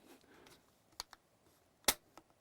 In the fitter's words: then you twist it until it snaps and you're here click there it is so that's in place